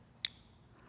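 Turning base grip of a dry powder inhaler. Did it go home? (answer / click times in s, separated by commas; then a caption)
yes / 0.2 s. The bottom grip of a plastic dry powder inhaler is twisted fully one way and then back while priming. A single sharp, bright click sounds at 0.3 s against a faint low background. The click confirms the base twist has engaged.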